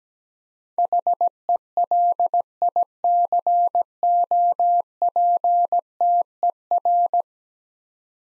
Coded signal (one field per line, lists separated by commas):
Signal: Morse code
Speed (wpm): 17 wpm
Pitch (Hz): 700 Hz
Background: none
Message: HELICOPTER